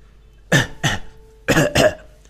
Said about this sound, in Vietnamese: Đường Văn Viễn bị những lời này của Diệp Thiên làm cho nghẹn họng, liên tục ho khan.